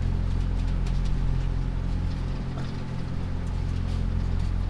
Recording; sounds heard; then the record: poultry house recording; sick chickens (respiratory disease)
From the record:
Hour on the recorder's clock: 22